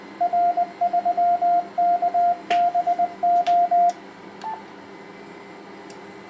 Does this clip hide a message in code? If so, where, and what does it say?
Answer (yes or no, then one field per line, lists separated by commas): yes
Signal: Morse code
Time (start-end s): 0.2-3.9 s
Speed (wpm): 20 wpm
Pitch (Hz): 700 Hz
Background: radio noise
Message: R3KBO